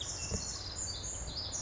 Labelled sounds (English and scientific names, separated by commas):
Pacific Wren (Troglodytes pacificus)